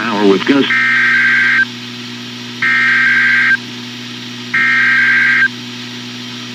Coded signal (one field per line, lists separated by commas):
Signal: Emergency Alert System (SAME) tones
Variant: header bursts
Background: speech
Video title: Mid April Wednesday Tests (EAS #26058-26080) 4/16/25